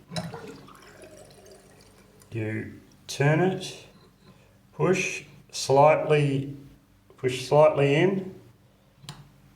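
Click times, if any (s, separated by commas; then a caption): 9.1 s. A pop-up basin plug in a Posh Domaine 900 Ensuite basin drain is pushed in and turned to line up with the groove at the bottom while someone talks. It seats with a sharp click at 9.1 s, leaving the basin sealed.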